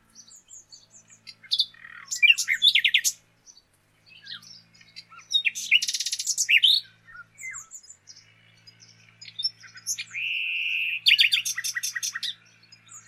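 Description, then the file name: Common nightingale song with pauses between phrases: fast rattling note series, a buzzy burst, and a long steady whistle that breaks into a rapid trill. "Luscinia megarhynchos"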